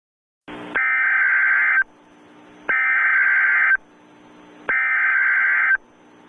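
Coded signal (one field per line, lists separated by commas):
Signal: Emergency Alert System (SAME) tones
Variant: header bursts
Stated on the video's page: Fictional EAS scenario of a tornado striking a nuclear power plant.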